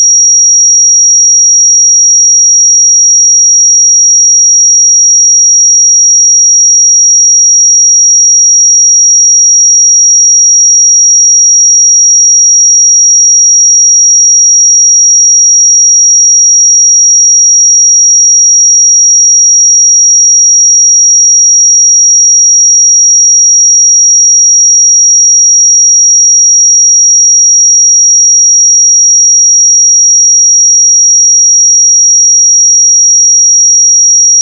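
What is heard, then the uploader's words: A pure sine tone at 5686 Hz holds perfectly steady for the whole clip, a single thin, bright whistle with no wavering in pitch or loudness. Nothing else is heard behind it, and it neither starts nor stops within the recording. 5686 Hz 1 Hz Interval Sine Pure Tone Frequency 441000 Sample Mono.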